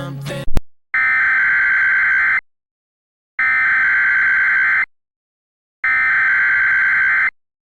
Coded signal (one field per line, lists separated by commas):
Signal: Emergency Alert System (SAME) tones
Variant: header bursts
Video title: [REQUESTED EAS MOCK] who took out the phone lines i was calling someone grrrrrr